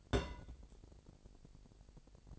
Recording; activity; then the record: daily activity, microphone in the room; place on stove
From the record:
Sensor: 5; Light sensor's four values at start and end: 21/46/20/22 and 21/46/20/23